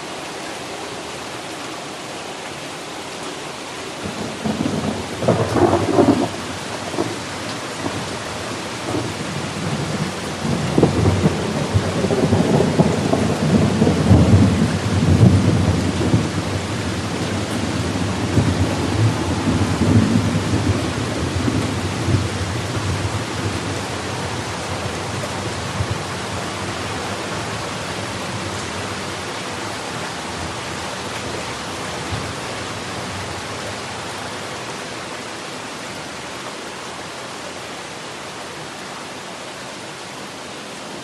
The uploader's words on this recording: This is the relaxing sound of rain and thunder.